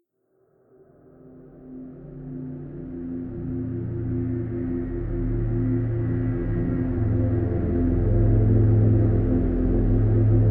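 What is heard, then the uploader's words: A low sustained drone tuned to the Solfeggio 285 Hz tone rises from silence in the first second and swells steadily louder. Layered steady hums stack above a deep rumble, with slow pulsing beats in the bass, and a faint airy shimmer grows higher up. Dreamy Exploration - Solfeggio Frequency 285Hz.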